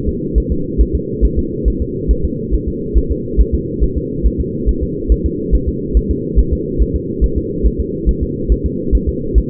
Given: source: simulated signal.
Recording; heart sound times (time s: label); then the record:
fetal heart sounds
0.09 s: S2
0.38 s: S1
0.52 s: S2
0.81 s: S1
0.95 s: S2
1.25 s: S1
1.39 s: S2
1.68 s: S1
1.82 s: S2
2.11 s: S1
2.25 s: S2
2.54 s: S1
2.68 s: S2
2.98 s: S1
3.12 s: S2
3.41 s: S1
3.55 s: S2
3.84 s: S1
3.98 s: S2
4.27 s: S1
4.40 s: S2
4.69 s: S1
4.83 s: S2
5.12 s: S1
5.26 s: S2
5.55 s: S1
5.69 s: S2
5.97 s: S1
6.11 s: S2
6.39 s: S1
6.53 s: S2
6.82 s: S1
6.96 s: S2
7.24 s: S1
7.38 s: S2
7.66 s: S1
7.80 s: S2
8.09 s: S1
8.23 s: S2
8.52 s: S1
8.66 s: S2
8.95 s: S1
9.09 s: S2
9.38 s: S1
From the record:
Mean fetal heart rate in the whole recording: 140 bpm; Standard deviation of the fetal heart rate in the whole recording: 2 bpm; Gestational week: 34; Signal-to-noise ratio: -6.6 dB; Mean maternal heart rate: 72 bpm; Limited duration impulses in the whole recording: present